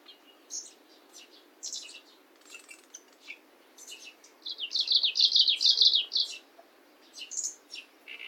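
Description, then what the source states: Kamchatka leaf warbler gives one dry, rapid buzzy trill in the middle, surrounded by short sharp high calls and chips. Recorded 28 May 2021 at 09:10.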